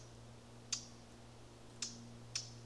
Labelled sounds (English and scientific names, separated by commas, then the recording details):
Eurasian Blackcap (Sylvia atricapilla)
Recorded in Germany
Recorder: ecoPi